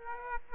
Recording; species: mosquito wingbeat signal from an infrared sensor; Aedes aegypti